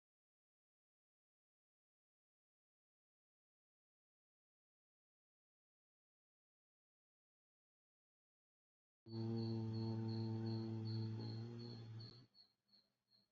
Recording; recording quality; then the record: sustained vowel as in boot; moderate, slight background noise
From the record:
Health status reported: healthy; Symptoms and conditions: none ticked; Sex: male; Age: 31 years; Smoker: not ticked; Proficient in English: yes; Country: India